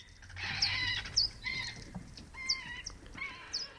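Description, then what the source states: Greater mouse-eared bats, slowed down: several chattering bursts of stacked squeaky notes with short downward sweeps. Hundreds of mothers in a maternity roost in a manor house attic; recorded on tape by Heinz Gaberding; ultrasonic whispering played back in acoustic slow motion to be audible.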